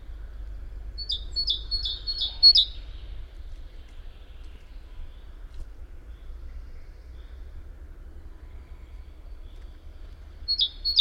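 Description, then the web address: Great tit delivering a quick string of five high-low two-note phrases, a long silence, then the start of another phrase at the end. "SETE Parus major"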